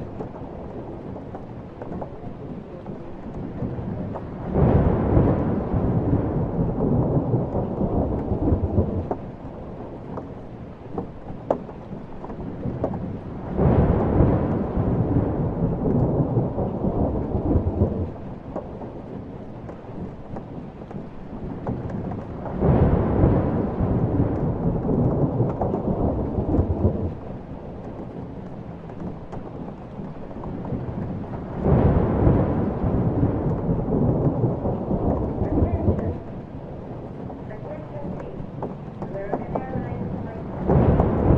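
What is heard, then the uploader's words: A thunderstorm with a steady hiss of rain beneath deep rolling thunder. Heavy rumbles swell up about every nine seconds, each lasting several seconds before easing back to the rain, at roughly 5, 14, 23, 32 and 41 seconds. Thunderstorm.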